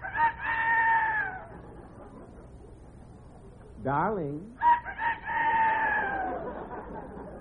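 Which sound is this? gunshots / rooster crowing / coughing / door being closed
rooster crowing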